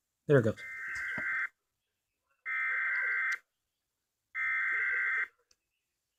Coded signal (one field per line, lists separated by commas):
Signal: Emergency Alert System (SAME) tones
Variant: header bursts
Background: speech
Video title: Tornado Warning Peoria IL (EAS 426-427)